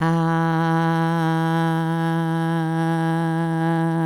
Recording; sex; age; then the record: sustained vowel /a/; female; 60 to 69 years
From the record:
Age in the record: 64 years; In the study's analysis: included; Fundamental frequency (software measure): 164 Hz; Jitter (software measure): 0.37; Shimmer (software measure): 0.81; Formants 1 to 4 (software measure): 876 Hz, 1613 Hz, 3133 Hz, 3794 Hz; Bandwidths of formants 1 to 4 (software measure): 130 Hz, 156 Hz, 210 Hz, 333 Hz